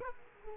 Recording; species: mosquito wingbeat signal from an infrared sensor; Culex quinquefasciatus